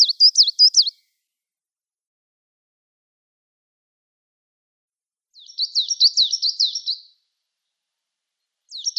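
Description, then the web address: Coal Tit singing rapid, high-pitched repeated double notes in short bursts, with a long quiet gap between phrases. "Schulze Peter Coal Tit song"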